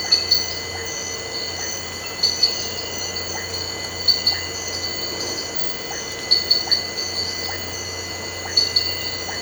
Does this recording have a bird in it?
no